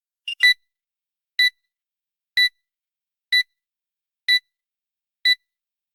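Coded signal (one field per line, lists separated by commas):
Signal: none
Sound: health warning sound effect beeps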